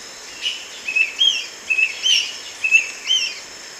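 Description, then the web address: Dusky-capped flycatcher whistling several short rising and falling slurred notes in quick succession over a high insect drone. Recorded in Ecuador, South America. "Natures Songs S America Birds of Ecuador Dusky-capped Flycatcher"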